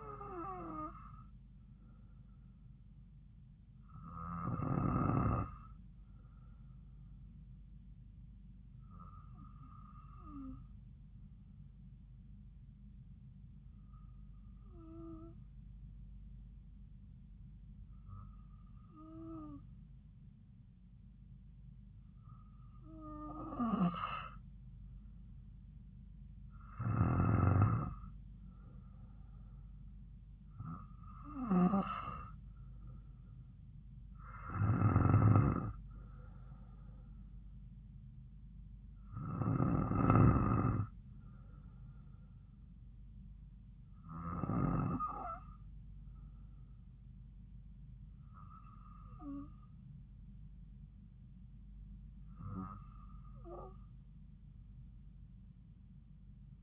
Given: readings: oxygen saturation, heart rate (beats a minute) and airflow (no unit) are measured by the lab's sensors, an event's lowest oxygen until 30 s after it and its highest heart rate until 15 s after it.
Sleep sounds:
breathing in sleep by a smartphone at the bedside; 1
4.00-21.60 s: hypopnea (N2, oxygen 95% highest, then 92% lowest)
From the record:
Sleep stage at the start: N2 (light sleep); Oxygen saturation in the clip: 92 to 95%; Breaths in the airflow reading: 13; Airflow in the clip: -3.8 to 3.6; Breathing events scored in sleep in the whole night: 270 in 6.1 hours asleep

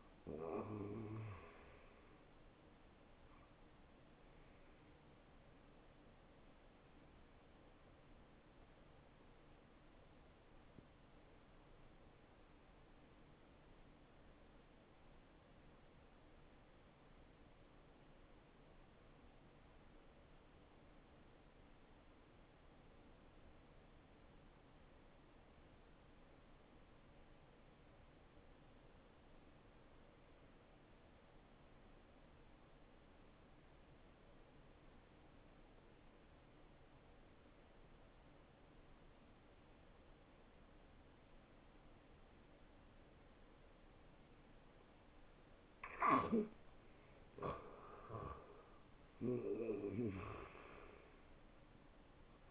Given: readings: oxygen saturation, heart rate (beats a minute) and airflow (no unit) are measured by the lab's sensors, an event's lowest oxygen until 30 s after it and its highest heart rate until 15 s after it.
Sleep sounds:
breathing in sleep by a voice recorder at the bedside; 1
8.00-41.90 s: hypopnea (N1, oxygen 93% highest, then 83% lowest, heart rate 75 at the start, 77 highest)
16.00-46.00 s: new sleep stage, N2 (light sleep)
46.00-52.51 s: new sleep stage, N1 (lightest sleep)
From the record:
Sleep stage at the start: N1 (lightest sleep); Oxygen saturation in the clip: 85 to 93%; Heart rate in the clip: 64 to 77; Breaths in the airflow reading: 9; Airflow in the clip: -13.5 to 7.1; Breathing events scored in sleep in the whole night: 263 in 5.5 hours asleep

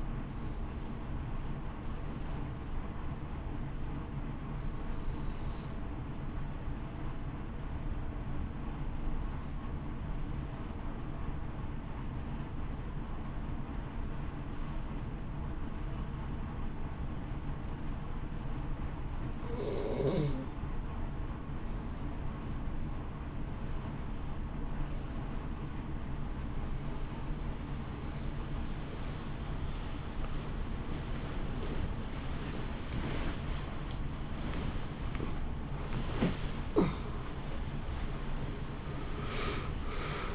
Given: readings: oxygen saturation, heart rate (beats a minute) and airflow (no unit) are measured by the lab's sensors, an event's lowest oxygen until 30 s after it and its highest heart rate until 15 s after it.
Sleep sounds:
a person awake in a sleep study, by a smartphone at the bedside; 1
8.00-27.40 s: hypopnea (N1, oxygen 94% highest, then 86% lowest)
20.00-40.35 s: new sleep stage, awake
21.00-40.35 s: awake
From the record:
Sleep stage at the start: N1 (lightest sleep); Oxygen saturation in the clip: 86 to 94%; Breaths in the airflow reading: 11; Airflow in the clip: -7.2 to 4.5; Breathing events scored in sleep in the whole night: 328 in 6.3 hours asleep

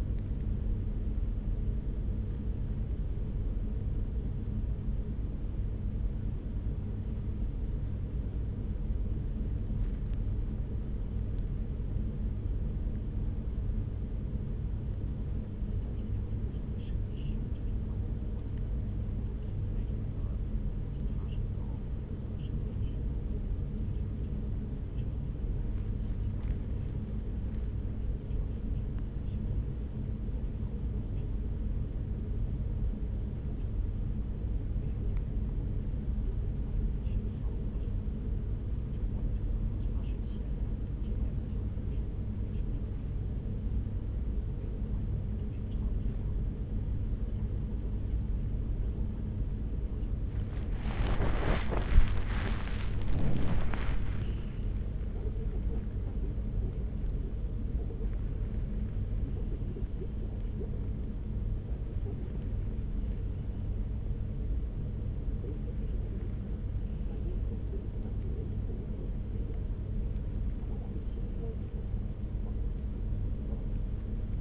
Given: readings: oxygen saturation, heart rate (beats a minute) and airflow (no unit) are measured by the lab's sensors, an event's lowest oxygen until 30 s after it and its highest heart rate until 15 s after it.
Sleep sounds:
a person awake in a sleep study, by a smartphone at the bedside; none
0.00-74.41 s: awake
From the record:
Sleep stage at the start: awake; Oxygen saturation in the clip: 94 to 95%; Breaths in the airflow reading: 22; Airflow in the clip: -5.2 to 4.0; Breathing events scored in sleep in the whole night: 335 in 6.7 hours asleep

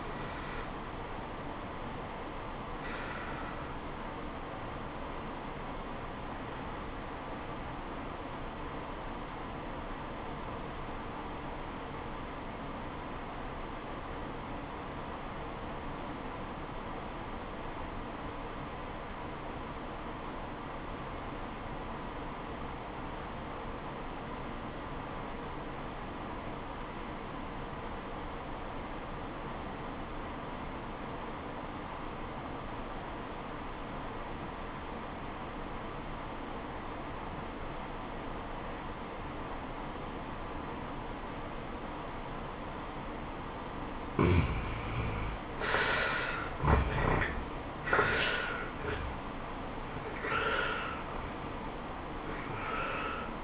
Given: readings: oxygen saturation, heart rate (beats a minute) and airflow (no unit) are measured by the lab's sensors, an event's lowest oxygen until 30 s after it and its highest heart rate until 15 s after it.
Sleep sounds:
breathing in sleep by a voice recorder at the bedside; 1
6.00-45.70 s: obstructive apnea (N1, oxygen 94% highest, then 72% lowest, heart rate 74 at the start, 93 highest)
12.00-53.44 s: new sleep stage, REM sleep
From the record:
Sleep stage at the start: N1 (lightest sleep); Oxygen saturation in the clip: 79 to 94%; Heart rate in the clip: 62 to 91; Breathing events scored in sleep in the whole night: 426 in 7.4 hours asleep

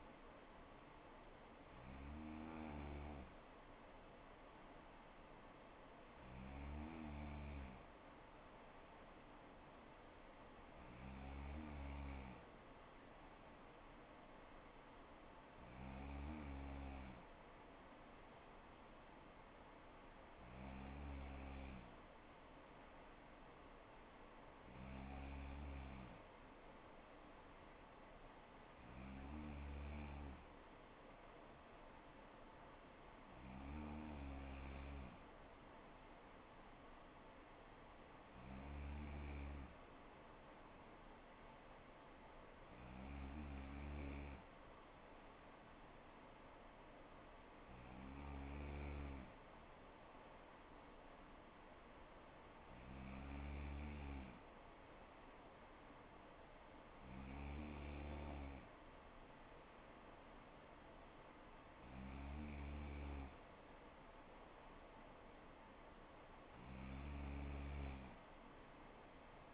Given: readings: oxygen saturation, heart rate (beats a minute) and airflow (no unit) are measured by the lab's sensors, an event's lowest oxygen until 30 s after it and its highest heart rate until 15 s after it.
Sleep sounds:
breathing in sleep by a voice recorder at the bedside; none
67.00-69.54 s: new sleep stage, N2 (light sleep)
From the record:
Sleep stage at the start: N3 (deep sleep); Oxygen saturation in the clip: 94 to 95%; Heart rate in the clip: 60 to 64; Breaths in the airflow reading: 15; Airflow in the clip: -3.9 to 3.2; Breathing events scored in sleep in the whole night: 79 in 6.3 hours asleep

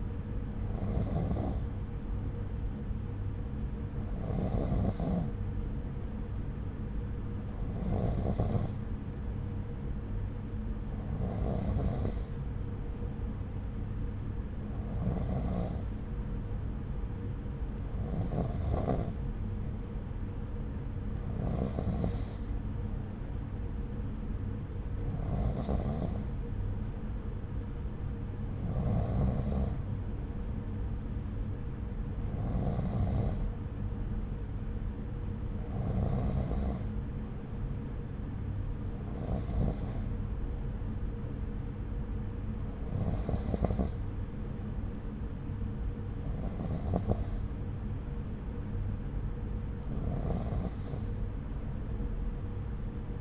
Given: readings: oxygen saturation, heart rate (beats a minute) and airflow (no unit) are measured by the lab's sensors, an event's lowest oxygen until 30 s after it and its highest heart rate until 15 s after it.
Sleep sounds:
breathing in sleep by a smartphone at the bedside; none
49.00-53.21 s: new sleep stage, N3 (deep sleep)
From the record:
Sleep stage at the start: N2 (light sleep); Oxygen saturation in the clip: 92 to 93%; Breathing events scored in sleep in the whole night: 303 in 8.1 hours asleep

